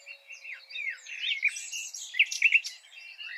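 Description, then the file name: Common nightingale: songbird singing a short stretch of jumbled whistles, slurred notes and chirps. "Luscinia megarhynchos"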